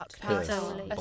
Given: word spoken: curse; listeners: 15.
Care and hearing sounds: one English word in noise, from a listening test; four-talker babble; -2.8 dB; 2 of 15; 7 of 15; 0.61 s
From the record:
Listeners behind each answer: 7, 2, 1, 1, 1, 1, 1, 1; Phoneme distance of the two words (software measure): 10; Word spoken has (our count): 1 syllable, 3 phonemes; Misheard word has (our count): 1 syllable, 3 phonemes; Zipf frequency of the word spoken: 3.80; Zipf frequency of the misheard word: 3.92

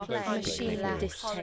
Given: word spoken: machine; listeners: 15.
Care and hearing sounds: one English word in noise, from a listening test; four-talker babble; -2.9 dB; 2 of 15; 7 of 15; 1.03 s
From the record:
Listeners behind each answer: 7, 2, 2, 1, 1, 1, 1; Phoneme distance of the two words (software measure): 44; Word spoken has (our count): 2 syllables, 5 phonemes, stress on syllable 2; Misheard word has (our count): 1 syllable, 3 phonemes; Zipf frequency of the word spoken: 4.83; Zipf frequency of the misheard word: 5.69

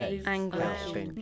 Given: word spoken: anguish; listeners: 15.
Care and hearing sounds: one English word in noise, from a listening test; four-talker babble; 1.0 dB; 1 of 15; 11 of 15; 0.82 s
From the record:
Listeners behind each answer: 11, 1, 1, 1, 1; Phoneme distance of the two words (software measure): 27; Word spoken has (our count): 2 syllables, 6 phonemes, stress on syllable 1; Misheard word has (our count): 2 syllables, 5 phonemes, stress on syllable 1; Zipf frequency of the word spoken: 3.16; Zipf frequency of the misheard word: 4.71

